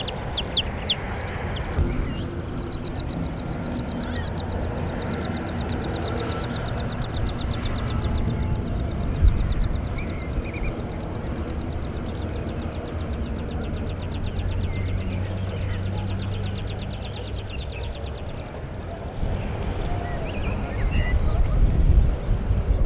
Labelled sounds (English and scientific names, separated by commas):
Meadow Pipit (Anthus pratensis)